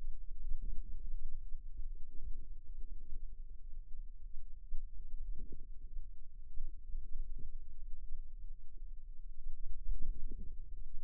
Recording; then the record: forearm muscle sounds (acoustic myography)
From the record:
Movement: wrist flexion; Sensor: system 2, bracelet of six BSWA MPA416 microphones around the upper forearm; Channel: 2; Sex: female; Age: 22 years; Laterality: right